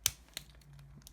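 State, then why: Seated. During the robot-to-car conversion of a plastic Transformers Movie Masterpiece MPM-07 Bumblebee figure, a body panel is bent back and popped onto its tab, giving a sharp click at 0.1 s. Fainter ticks follow at about 0.4 s and 1.1 s. The panel snaps into place and is seated.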